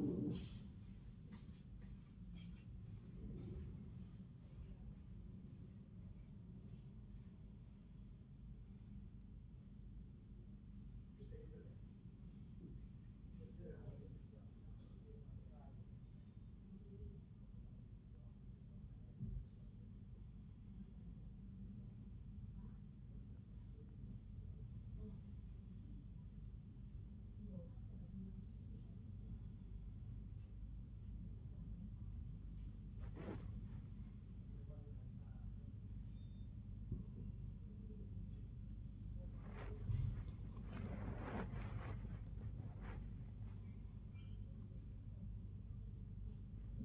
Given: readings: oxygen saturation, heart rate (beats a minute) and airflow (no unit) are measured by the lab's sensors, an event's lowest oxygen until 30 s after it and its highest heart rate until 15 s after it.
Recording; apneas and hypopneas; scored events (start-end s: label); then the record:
breathing in sleep by a smartphone at the bedside; 1
28.00-41.50 s: hypopnea (N1, oxygen 96% highest, then 95% lowest, heart rate 93 at the start, 104 highest)
From the record:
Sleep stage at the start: N1 (lightest sleep); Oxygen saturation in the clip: 95 to 96%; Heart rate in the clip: 89 to 106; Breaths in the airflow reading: 10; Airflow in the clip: -16.1 to 14.9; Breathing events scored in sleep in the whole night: 400 in 8.7 hours asleep